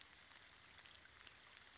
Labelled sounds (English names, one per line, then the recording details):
Western Flycatcher
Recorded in Sonoma County, California